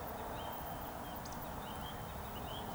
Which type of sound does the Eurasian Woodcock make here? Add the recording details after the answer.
whistle. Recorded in Baden-Württemberg, Germany, on 3 June 2021 at 19:16 UTC. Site 45499, 200 m above sea level